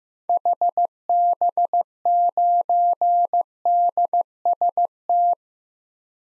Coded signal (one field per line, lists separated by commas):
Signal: Morse code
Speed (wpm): 15 wpm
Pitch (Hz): 700 Hz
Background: none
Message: HB9DST